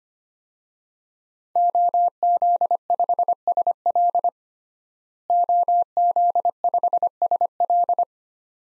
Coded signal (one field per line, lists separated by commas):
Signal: Morse code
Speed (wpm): 25 wpm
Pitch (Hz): 700 Hz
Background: none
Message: OZ5SL OZ5SL